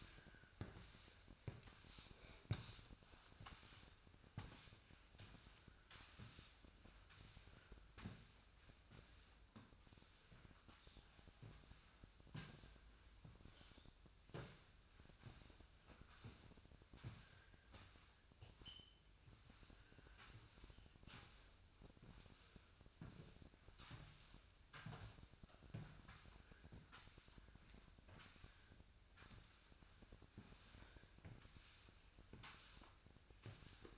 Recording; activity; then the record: daily activity, microphone in the room; sweep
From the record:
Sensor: 2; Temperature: 24.9 degrees Celsius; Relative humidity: 39.7%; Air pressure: 1001.5 hPa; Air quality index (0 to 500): 227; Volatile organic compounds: 26 ppm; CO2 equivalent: 2852 ppm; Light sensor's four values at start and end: 8/26/10/10 and 8/26/10/10